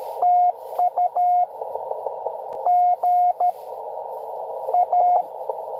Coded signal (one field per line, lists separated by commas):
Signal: Morse code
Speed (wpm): 17 wpm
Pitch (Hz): 690 Hz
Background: radio noise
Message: TU GA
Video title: N2AKJ is live! doing pota at us-2114 #pota #cw #n2akj